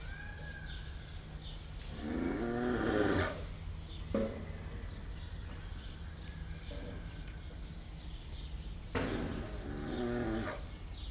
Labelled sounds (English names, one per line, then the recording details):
Brown Bear
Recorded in captivity
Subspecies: middendorffi
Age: adult
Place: Zoo Rostock, Mecklenburg-Vorpommern, DE
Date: 1973-05-22 13:00
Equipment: Uher 4200 Report Stereo, Sennheiser MD 421, Verstärker
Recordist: Tembrock, Günter